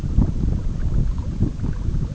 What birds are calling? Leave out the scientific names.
none